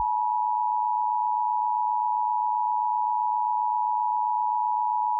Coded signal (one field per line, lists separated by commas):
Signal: Emergency Alert System (SAME) tones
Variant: 853 and 960 Hz attention tone